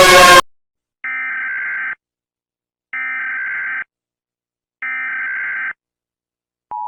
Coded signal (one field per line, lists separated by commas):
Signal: Emergency Alert System (SAME) tones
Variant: header bursts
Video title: Mr Incredible Becoming Uncanny - EAS ALARM (Part 19)